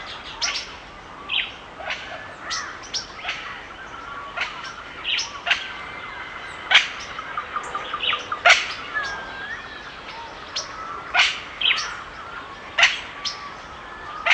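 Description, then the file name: Birds chirping with loud, sharp, high notes at irregular intervals, softer warbles and whistles between them, all over a constant hiss like rain. Forest birds singing in the rain; natural forest soundscape. "Nature Sounds Sonido Del Bosque y Naturaleza It s Raining - Calming Nature Bird Songs"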